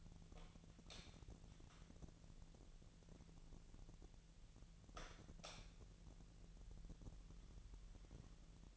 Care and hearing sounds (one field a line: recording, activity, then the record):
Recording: daily activity, microphone in the room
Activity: light on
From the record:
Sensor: 4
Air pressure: 1000.8 hPa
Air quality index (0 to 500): 126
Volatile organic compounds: 1 ppm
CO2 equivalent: 943 ppm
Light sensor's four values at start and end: 37/89/38/41 and 39/99/41/45